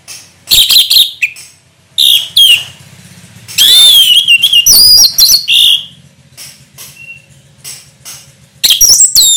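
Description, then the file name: Orange-headed thrush delivering loud, dense bursts of whistles and sweeping slurred notes, separated by pauses, with a faint low hum throughout. Singing in the ngeplong style, described as gacor. "anis merah gacor ngeplong"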